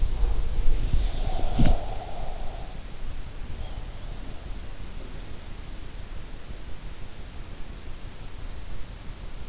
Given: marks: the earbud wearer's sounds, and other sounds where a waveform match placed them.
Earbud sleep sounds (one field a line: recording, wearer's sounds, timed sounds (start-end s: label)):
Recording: sounds in sleep by an in-ear microphone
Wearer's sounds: snoring breath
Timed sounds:
1.45-2.17 s: snoring breath